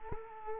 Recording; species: mosquito wingbeat signal from an infrared sensor; Culex quinquefasciatus